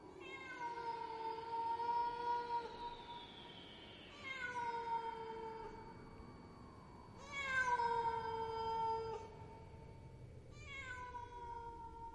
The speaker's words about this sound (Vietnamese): Trời càng lúc càng về khuya, phía xa xa trong đêm tiếng con mèo hoang kêu lên văng vẳng.